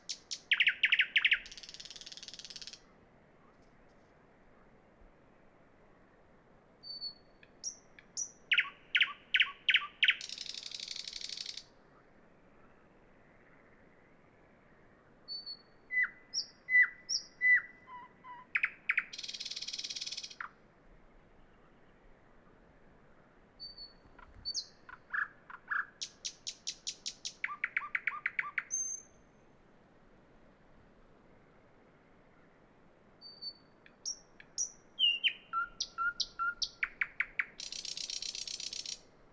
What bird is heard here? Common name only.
Thrush Nightingale